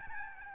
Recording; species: mosquito wingbeat signal from an infrared sensor; Aedes albopictus